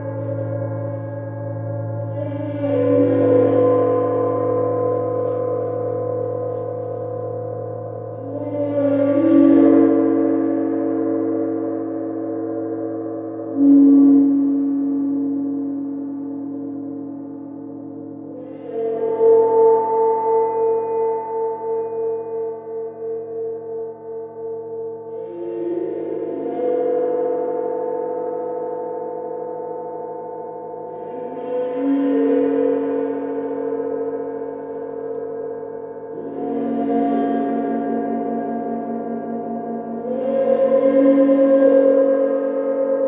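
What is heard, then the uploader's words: A gong is struck repeatedly, about every five to seven seconds, with strikes near 3, 9, 14, 19, 26, 32 and 37 seconds. Each hit blooms into a shimmering, wavering hum over a steady low drone that fills the gaps as the tones overlap and slowly decay. 30-Day Gong Challenge.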